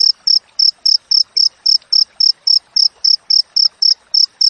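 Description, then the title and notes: Cricket giving evenly spaced shrill chirps, roughly four per second, clear over a quiet background with faint scattered ticks. Wild cricket chirping with close spacing between chirps, used as tutor audio for training songbirds and to repel rats. "Masteran Jangkrik Alam Jernih, Jeda Rapat Cocok Untuk Masteran Burung Dan Mengusir Tikus. suara jangkrik"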